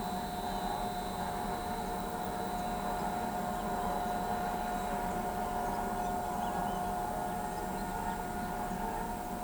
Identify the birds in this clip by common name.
none